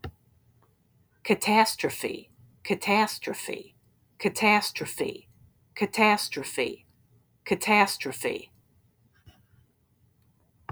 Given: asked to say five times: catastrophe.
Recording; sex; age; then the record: repeated word; female; 40 to 49 years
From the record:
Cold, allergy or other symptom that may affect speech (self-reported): no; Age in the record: 49 years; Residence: Indiana, United States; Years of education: 16